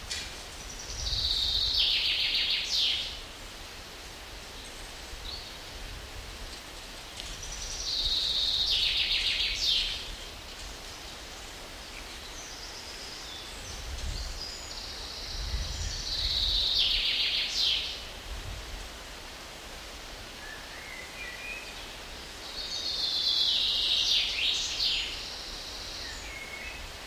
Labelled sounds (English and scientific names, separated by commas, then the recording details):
Common Chaffinch (Fringilla coelebs) song
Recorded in the wild
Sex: male
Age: adult
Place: Mühlenbecker See, Brandenburg, DE
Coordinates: 52.7, 13.4
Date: 1988-07-10 12:00
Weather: overcast, 17-20°C, winds
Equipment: Sony WM-D6C, Kopie Tesla B 116
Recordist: Tembrock, Günter